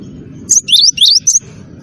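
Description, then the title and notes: Bird chirping: four sharp, high sweeping notes in fast succession, with a soft low hum underneath. Melodious bird sound used as a phone ringtone. "ND Burung. Nada Dering Burung Dengan Suara Merdu"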